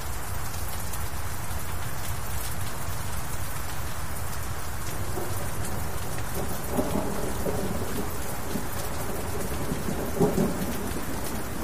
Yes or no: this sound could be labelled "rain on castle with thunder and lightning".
yes